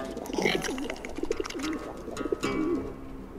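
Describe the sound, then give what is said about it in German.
A voice imitates pigeon cooing: a string of soft, low, warbling coos that rise and fall in a steady rolling rhythm, over a faint background hiss. “Ahme ihr Gurren nach.”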